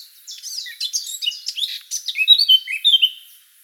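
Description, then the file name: Eurasian blackcap song, a busy high warble leading into a run of loud, clear, flute-like whistles. "Sylvia atricapilla"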